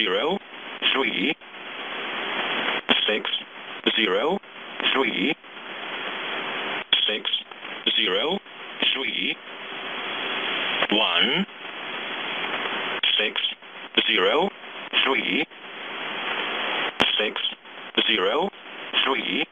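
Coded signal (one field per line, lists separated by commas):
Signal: numbers station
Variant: E07, English Man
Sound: male voice reading digits "six zero three" repeatedly, then "one", over radio hiss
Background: radio static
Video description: The callup is "603 603 603 1". The "603" is the callup ID and the "1" indicates that there will be a message sent.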